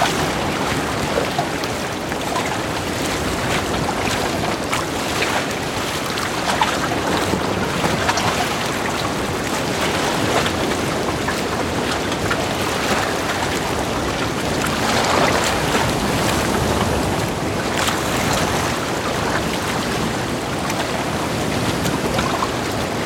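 Heavy rain pours down during a sail trip on Lake Chiemsee, a dense, steady hiss that fills everything from low rumble to bright top. Water sloshes against the boat underneath, and the level stays even throughout with only slight swells around the middle.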